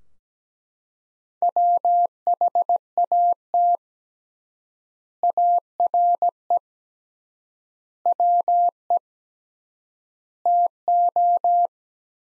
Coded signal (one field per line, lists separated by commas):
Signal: Morse code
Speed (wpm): 17 wpm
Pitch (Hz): 700 Hz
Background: none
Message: WHAT ARE WE TO